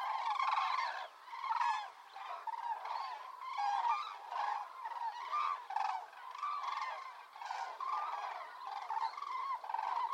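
Cranes calling in a flock, rolling, trumpet-like calls that swell and fade in waves.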